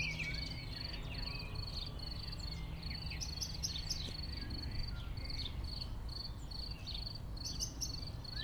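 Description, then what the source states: Crickets giving steady pulsed chirps throughout, with assorted bird calls and whistles in the background over low rumble. Crickets in a pasture near Chindrieux, France; birds calling near and far.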